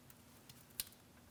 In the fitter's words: And there's our small click.